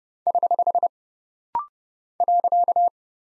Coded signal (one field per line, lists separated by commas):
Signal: Morse code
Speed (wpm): 30 wpm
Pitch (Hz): 700 Hz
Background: none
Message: <HH> .